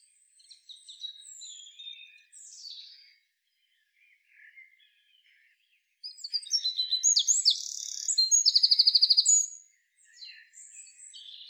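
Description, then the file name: Eurasian wren: soft high twitters, then a burst of rapid, shrill song with buzzy trills lasting a few seconds, followed by more quiet notes. "Troglodytes troglodytes"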